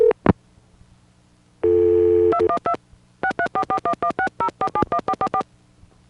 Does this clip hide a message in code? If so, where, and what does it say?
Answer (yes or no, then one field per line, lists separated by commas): yes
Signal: DTMF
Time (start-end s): 2.3-5.4 s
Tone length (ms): 70 ms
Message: 212 63441160471444